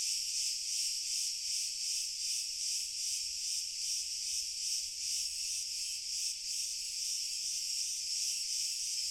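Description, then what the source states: Crickets in a dense chorus, a steady high shimmering trill with gentle regular pulsing swells, continuous throughout. Pure cricket chorus, slowly increasing in intensity.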